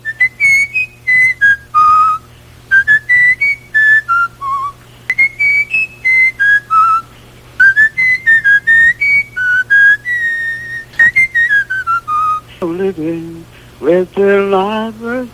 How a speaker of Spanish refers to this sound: Ajá, y dice, vaya, hay otra parte, digamos, la música, meten trompeta en medio, dice, le hace así, voy a silbar.